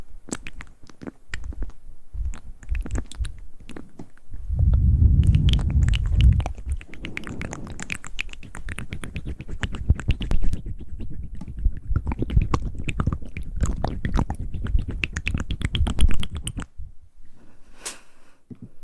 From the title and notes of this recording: ASMR Tingly Mouth Sounds & Hand Movements.